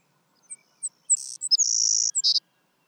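Savannah sparrow singing: two sharp, high ticks, a short buzz and a stuttered note pair, then a sustained hissing buzz and a brief lower buzzy ending.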